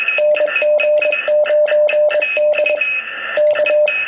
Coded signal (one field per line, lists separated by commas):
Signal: Morse code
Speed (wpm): 23 wpm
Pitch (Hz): 600 Hz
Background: music, radio noise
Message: NG9D K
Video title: ICOM-703 3DX QSO